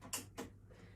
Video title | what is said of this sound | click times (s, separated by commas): Cricut Explore Air 2 Unboxing, Set Up, Basic Tools, First Cut and Contour | the best way that i find to do it is to close the bottom bit first until you hear a click | 0.1 s